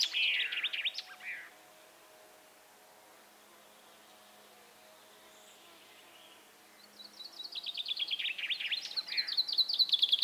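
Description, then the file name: Common chaffinch song: a loud trilled phrase ending in a flourish, a long pause, then another trill of bright notes that grows louder. "Fringilla coelebs"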